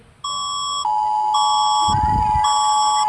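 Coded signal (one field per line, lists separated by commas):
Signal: Emergency Alert System (SAME) tones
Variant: 853 and 960 Hz attention tone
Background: music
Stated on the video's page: Fictional alien attack alert in Filipino, not a real alert.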